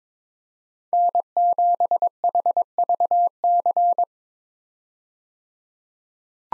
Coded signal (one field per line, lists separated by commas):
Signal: Morse code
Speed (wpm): 22 wpm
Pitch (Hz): 700 Hz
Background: none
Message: N7HVC